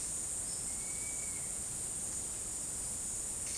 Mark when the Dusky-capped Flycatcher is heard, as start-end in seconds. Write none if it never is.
0.58-1.50